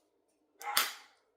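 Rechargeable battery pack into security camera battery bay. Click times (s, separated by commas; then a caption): 0.6 s, 0.8 s. A rechargeable battery pack is pushed into the battery bay of a Ring Stick Up security camera. A soft scrape at 0.6 s is followed by a sharp, bright snap at 0.8 s, then quiet. The pack snaps home and is seated.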